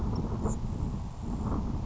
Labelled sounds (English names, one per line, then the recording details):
Grasshopper Sparrow
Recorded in Sonoma County, California